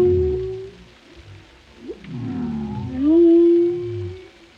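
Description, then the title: Whale vocalizations: low groans, a short upward sweep, then a sustained rising moan that holds steady before fading. Compilation of varied whale vocalizations, including haunting moans and resonant calls, presented for relaxation. "Soothing Symphony of the Deep: Captivating Whale Sounds for Relaxation"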